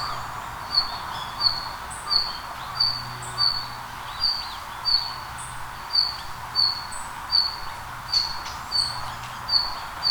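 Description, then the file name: Red-flanked bluetail calls: short high notes repeated many times in a series over faint background noise. "ruribitaki"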